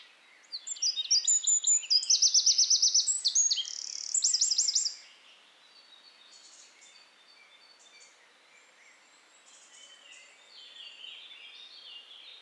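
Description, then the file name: Eurasian wren delivering a strong, fast song of piercing high notes and machine-gun trills for about four seconds, then faint high twittering afterward. "Troglodytes troglodytes"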